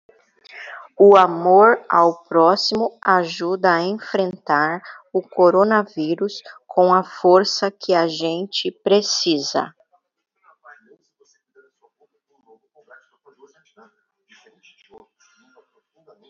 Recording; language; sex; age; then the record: spoken sentence; Brazilian Portuguese; female; 40 to 49 years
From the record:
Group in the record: control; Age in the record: 45 years